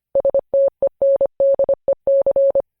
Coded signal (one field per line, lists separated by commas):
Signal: Morse code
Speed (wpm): 25 wpm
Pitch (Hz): 550 Hz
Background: none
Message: STENDEC